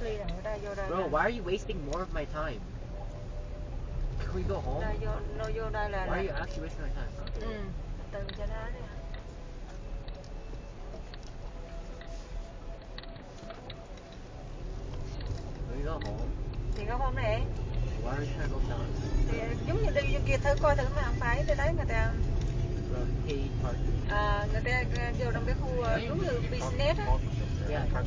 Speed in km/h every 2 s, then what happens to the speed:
6, 6, 6, 6, 5, 5, 2, 5, 11, 21, 26, 29, 31, 31.
0-13 steady at about 6. 13-28 pulls away to 31.